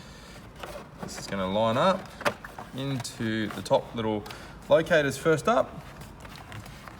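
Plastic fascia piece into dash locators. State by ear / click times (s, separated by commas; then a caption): not seated / none. Someone talks while a plastic stereo fascia piece is lined up into the top locators of the dash during a stereo replacement in a 2012 to 2017 Mazda BT50, with a few faint light knocks of handling around it. The part is only being handled, and nothing has seated or clicked yet.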